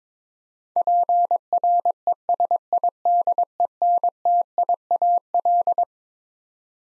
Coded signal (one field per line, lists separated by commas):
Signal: Morse code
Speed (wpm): 22 wpm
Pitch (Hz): 700 Hz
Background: none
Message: PRESIDENTIAL